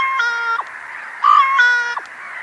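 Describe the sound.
Bird calls: two nasal, buzzy harmonic notes, each with a short drop at the end, against a constant hiss.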